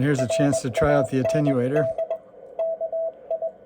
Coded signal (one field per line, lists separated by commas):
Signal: Morse code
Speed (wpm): 20 wpm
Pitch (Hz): 660 Hz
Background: speech, radio noise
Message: RAND KI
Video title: HB-1B Low Transmit Power #12 - Power-on test both radios!